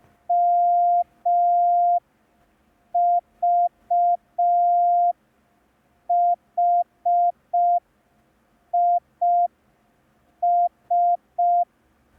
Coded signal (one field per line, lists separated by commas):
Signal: Morse code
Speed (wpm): 5 wpm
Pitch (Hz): 700 Hz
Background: none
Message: MVHIS